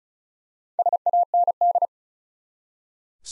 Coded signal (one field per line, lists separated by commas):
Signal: Morse code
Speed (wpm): 36 wpm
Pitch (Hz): 700 Hz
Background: none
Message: SAND